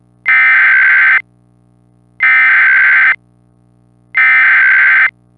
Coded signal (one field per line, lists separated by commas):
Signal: Emergency Alert System (SAME) tones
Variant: header bursts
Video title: EAS Scenario - Do Not Look Up